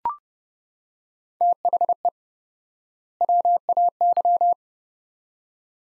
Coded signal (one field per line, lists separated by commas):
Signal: Morse code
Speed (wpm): 30 wpm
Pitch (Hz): 700 Hz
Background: none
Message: THE WAY